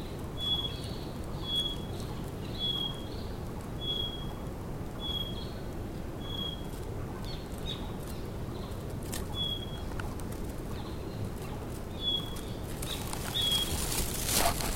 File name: flycatcher-white-tailed 004-Cyornis-concretus